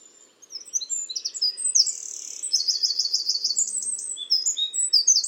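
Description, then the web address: Bird chirps: sharp, high notes and buzzy rattling trills tumble over each other almost without pause, with a faint low hum underneath. "cianscape birddata Deverinetal 2025. Bird Only"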